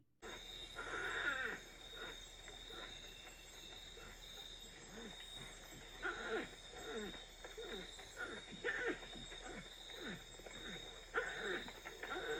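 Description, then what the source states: Lowland paca barks: harsh bursts coming in clusters every few seconds over a steady chorus of insects. Two or three adult pacas foraging at night, likely a mated pair reacting to another individual encroaching on their territory; more aggravated barking from one individual towards the end; audio from Wild Ambience.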